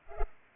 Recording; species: mosquito wingbeat signal from an infrared sensor; Culex pipiens